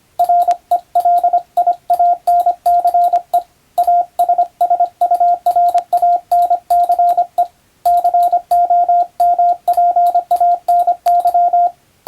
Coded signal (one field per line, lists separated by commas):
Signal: Morse code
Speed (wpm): 25 wpm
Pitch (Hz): 700 Hz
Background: radio noise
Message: RELIANCE ASSURANCE COMPANY